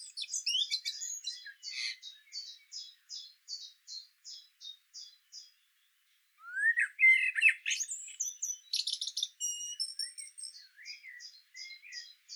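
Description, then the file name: Common blackbird singing, with a long run of short, high, repeated chirps, a brief pause, then mellow warbled notes and squeaky twitters. "Turdus merula"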